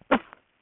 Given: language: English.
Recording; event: throat vibration sensor signal played as sound; cough